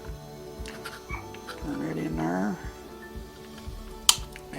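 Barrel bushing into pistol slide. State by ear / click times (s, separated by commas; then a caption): seated / 4.1 s. During reassembly of a Chiappa 1911 .22 pistol, someone talks while turning the barrel bushing with its locking lugs into the front of the slide, with faint handling noise and music in the background. The bushing goes down into place with one sharp snap at 4.1 s, seating it.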